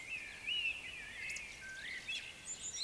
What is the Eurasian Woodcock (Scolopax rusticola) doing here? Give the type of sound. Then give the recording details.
whistle, croak. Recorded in Baden-Württemberg, Germany, on 20 May 2021 at 19:19 UTC. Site 24606, 635 m above sea level